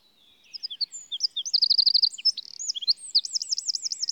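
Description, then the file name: Eurasian wren song: a loud, very high outpouring of sharp notes and fast, rattling trills, with a looping, rippling trill near the end. "Troglodytes troglodytes"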